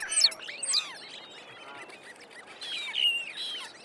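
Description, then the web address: Gull calls: harsh, harmonic squawks that slur downward, several in the first second and another burst near the end. "seagull"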